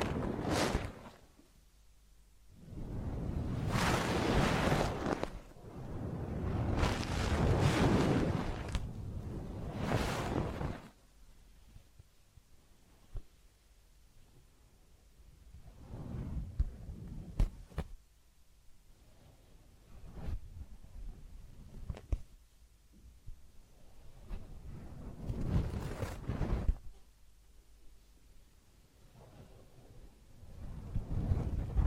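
Massage and ear-cleaning sounds: heavy, rumbling rubs and scrapes come in thick bursts through the first ten seconds. After that it quiets to a soft hush, broken by scattered shorter rubs and sharp clicks every few seconds, with a final swell at the end.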